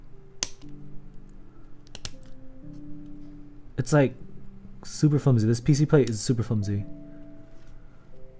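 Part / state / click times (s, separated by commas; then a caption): keyboard plate onto mechanical switches and PCB / seated / 0.4 s, 2.0 s, 2.1 s. A flexible PC keyboard plate that foam had been lifting, leaving a gap, is lifted and pressed down onto mechanical switches and the PCB. Sharp snaps are heard at 0.4 s, 1.9 s and 2.0 s, with music playing in the background while someone talks. The switches snap into place and the plate is seated.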